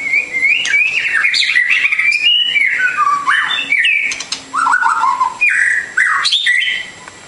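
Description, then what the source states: Bird song, a busy run of whistled notes that slide down and up, with sharp chirps between them and a faint steady high tone in the background. Masteran training recording of bird song, complete version.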